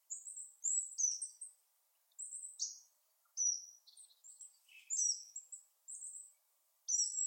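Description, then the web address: Bird calls: thin, very high whistled notes, several sliding downward, delivered in irregular bursts with brief pauses between them. "Bird Only"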